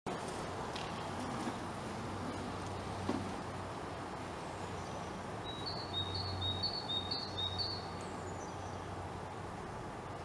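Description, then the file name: Great tit song: a faint series of high two-note phrases alternating up and down, lasting about three seconds over steady low background noise. "Parus major"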